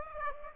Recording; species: mosquito wingbeat signal from an infrared sensor; Aedes aegypti